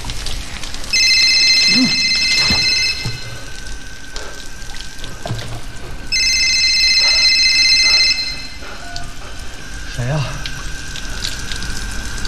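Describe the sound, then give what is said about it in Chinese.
A telephone rings twice in the evening with a strange incoming call, each shrill, high-pitched ring lasting about two seconds with a long pause between, over a faint background hiss. “当天晚上，大卫接到了一个奇怪的电话。”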